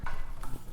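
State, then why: Seated. A soap and water container, filled with water but not to the top, is pushed down over the top of a Xiaomi Automatic Foaming Hand Washer base until it snaps in. Two short clicks are heard at 0.1 s and 0.4 s over a low rumble, and the container is seated on the dispenser.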